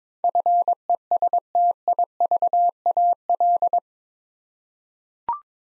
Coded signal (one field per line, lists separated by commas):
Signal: Morse code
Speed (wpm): 22 wpm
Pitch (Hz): 700 Hz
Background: none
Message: FESTIVAL